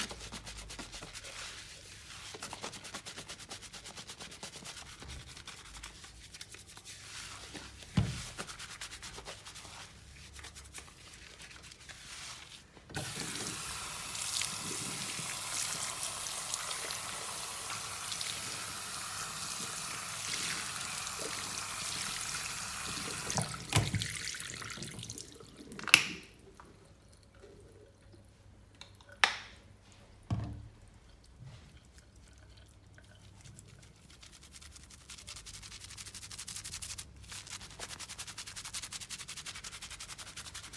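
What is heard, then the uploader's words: Running water hisses steadily from about 13 to 25 seconds, framed by quieter handling, sharp knocks near 26, 29 and 30 seconds, and faint dripping. Men's shave & Turkish massage. Beard cut, sheet washing and magic massage.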